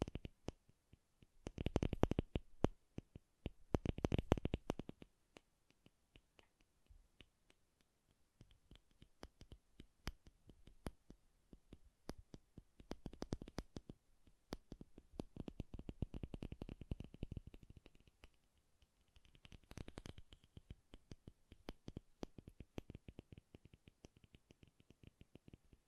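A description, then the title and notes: Soft, bassy tapping goes on throughout, made of quick irregular taps that come in dense bursts. Heavier clusters land around 2 and 4 seconds, with further busy stretches near 16 and 20 seconds. Lighter, sparser tapping fills the gaps between them. ASMR Bassy and Soft Tapping Sounds.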